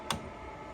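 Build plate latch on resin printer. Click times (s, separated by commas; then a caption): 0.1 s. On a Uniformation GKTWO resin printer, the latch on the build plate mount is flipped up with one sharp click at 0.1 s. The bed is released so it can slide out.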